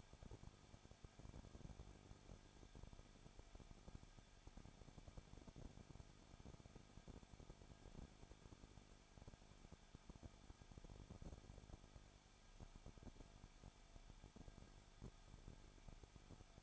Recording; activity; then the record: daily activity, microphone in the room; no activity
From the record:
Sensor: 5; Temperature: 20.9 degrees Celsius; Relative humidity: 35.0%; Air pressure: 994.7 hPa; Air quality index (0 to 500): 153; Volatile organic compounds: 2 ppm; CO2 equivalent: 1276 ppm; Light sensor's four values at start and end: 2/3/1/1 and 2/3/1/1